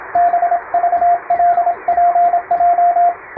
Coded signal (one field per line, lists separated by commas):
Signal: Morse code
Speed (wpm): 27 wpm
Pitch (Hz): 700 Hz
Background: radio noise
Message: BVLPJ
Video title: 毎日聴けるモールスチャンネル！アマチュア無線のＣＷトレーニングに！YouTubeの再生速度を調整して聴きやすい速度から始めよう(morse code practice radio operator )